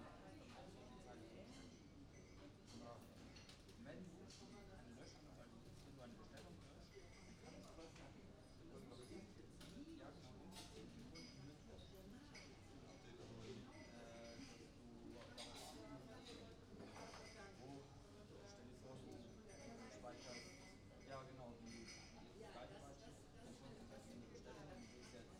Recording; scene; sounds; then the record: everyday scene through a hearing-aid microphone; many people talking; many voices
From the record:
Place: university cafeteria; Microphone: in the ear canal, right